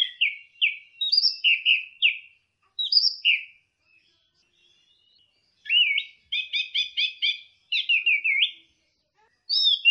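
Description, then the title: Orange-headed thrush song of fluty whistles and quick repeated notes, phrases coming in clusters with a pause near the middle; nothing else audible. "Burung Anis Merah"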